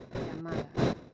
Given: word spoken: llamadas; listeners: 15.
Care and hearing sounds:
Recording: one Spanish word in noise, from a listening test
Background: noise modulated by one talker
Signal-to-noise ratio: -11.4 dB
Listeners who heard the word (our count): 1 of 15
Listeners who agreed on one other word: 10 of 15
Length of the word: 0.74 s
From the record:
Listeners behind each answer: 10, 1, 1, 1, 1, 1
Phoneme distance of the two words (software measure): 7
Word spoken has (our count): 3 syllables, 7 phonemes, stress on syllable 2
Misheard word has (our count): 3 syllables, 6 phonemes, stress on syllable 2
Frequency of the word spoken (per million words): 35.64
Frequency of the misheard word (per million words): 79.24

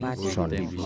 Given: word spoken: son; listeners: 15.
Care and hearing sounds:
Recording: one Spanish word in noise, from a listening test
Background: four-talker babble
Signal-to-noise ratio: -1.3 dB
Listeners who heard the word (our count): 2 of 15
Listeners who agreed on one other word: 6 of 15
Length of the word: 0.46 s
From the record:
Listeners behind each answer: 6, 2, 1, 1, 1, 1, 1, 1, 1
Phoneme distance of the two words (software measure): 38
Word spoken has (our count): 1 syllable, 3 phonemes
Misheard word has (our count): 3 syllables, 7 phonemes, stress on syllable 2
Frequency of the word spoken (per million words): 1523.45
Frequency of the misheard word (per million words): 2.42

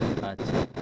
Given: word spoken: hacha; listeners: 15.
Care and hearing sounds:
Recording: one Spanish word in noise, from a listening test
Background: noise modulated by one talker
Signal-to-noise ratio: -9.1 dB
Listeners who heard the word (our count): 2 of 15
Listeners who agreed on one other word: 10 of 15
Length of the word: 0.42 s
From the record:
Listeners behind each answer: 10, 2, 1, 1, 1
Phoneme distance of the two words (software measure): 10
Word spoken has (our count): 2 syllables, 3 phonemes, stress on syllable 1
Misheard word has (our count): 2 syllables, 3 phonemes, stress on syllable 1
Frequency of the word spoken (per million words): 4.06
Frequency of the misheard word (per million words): 1.08

